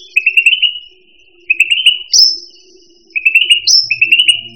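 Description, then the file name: Cucak rante song: rapid stuttering trilled phrases repeated several times, broken by two sharp high notes, over a faint steady hum. "suara burung cucak rante. omkicau"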